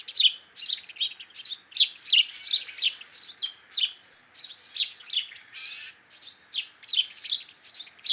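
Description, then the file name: House sparrow chirps in a busy, continuous series, short scratchy notes tumbling about three per second, with no other sounds. "Passer domesticus"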